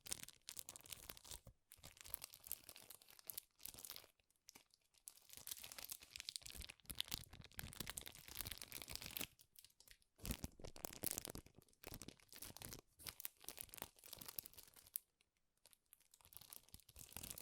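Loud, dense crinkling in bursts that run for a few seconds each, crackly and bright, broken by short silent gaps near 2, 4, 10 and 15 seconds.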